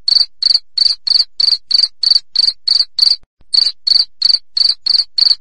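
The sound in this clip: Cricket giving sharp, high trilled chirps about three per second, with one short pause midway; nothing else is heard.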